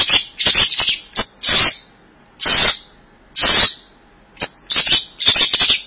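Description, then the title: Bird singing in harsh, scratchy high-pitched bursts, some long and rasping, others short and clipped, with brief silent gaps between phrases. "burung online"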